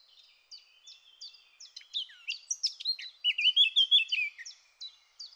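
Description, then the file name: Eurasian blackcap song: a quiet scratchy chatter of short notes builds into a loud, clear fluty whistled flourish near the end, then fades back to soft twittering. "Sylvia atricapilla"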